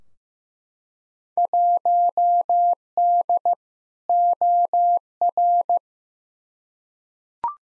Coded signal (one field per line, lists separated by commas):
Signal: Morse code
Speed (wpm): 15 wpm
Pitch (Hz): 700 Hz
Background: none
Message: 1D OR